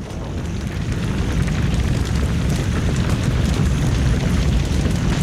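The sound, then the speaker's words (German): A deep, rumbling roar as a house goes up in flames after a fuse sets off an explosion, swelling from a low murmur during the first second and then holding loud and steady with a dense crackling texture, no voices. “Das war ein leises Murmeln, das zu einem Tosen anwuchs.”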